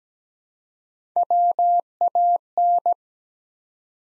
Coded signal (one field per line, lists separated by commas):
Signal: Morse code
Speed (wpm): 17 wpm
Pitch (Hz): 700 Hz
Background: none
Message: WAN